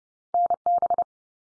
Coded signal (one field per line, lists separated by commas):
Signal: Morse code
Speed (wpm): 30 wpm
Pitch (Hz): 700 Hz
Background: none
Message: NB